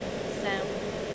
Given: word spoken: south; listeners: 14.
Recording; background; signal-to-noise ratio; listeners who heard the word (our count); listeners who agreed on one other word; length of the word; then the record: one English word in noise, from a listening test; speech-shaped noise; -4.7 dB; 0 of 14; 7 of 14; 0.74 s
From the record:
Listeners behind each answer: 7, 4, 2, 1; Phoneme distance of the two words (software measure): 17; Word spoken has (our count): 1 syllable, 3 phonemes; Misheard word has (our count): 1 syllable, 4 phonemes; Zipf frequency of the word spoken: 5.36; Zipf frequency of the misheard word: 5.16